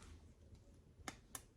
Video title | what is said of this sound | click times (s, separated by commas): South Olympic Branch Update #24 | and clicks into place and that provides a nice strain relief for that | 1.1 s, 1.4 s